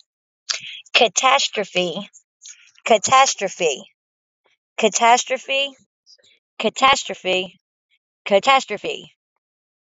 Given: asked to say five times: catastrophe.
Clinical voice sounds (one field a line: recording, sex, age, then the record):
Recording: repeated word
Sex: female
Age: 40 to 49 years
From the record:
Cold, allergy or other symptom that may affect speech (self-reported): no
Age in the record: 40 years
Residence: Alabama, United States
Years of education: 14